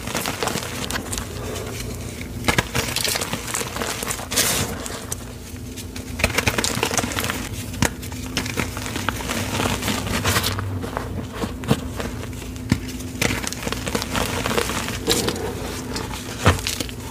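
Black iron oxide gym chalk crumbles with a crisp, crunchy crackle, dense irregular clicks running throughout. Sharper snaps stand out now and then, around 2.5, 4.5, 6, 10.5 and 15 seconds. A steady low hum sits underneath the whole time.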